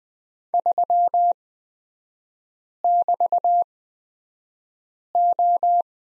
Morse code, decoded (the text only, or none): 3<BT>O